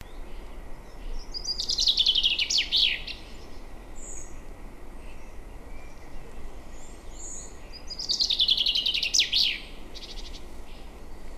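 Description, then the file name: Common chaffinch song: two bright, descending trills about six seconds apart, each ending in a quick flourish, over constant low background noise. "Fringilla coelebs"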